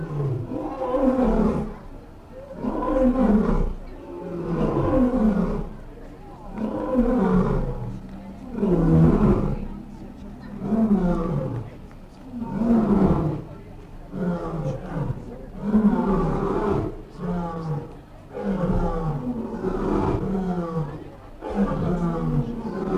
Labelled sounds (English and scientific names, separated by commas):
Lion (Panthera leo) call